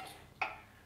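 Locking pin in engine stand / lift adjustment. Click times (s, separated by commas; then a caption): 0.4 s. A locking pin on an engine stand's lift adjustment snaps into place while an engine is being set on the stand, with the adjustment brought to the same height. A single sharp metallic click is heard at 0.4 s against a quiet background, then a brief ringing decay. The pin is seated.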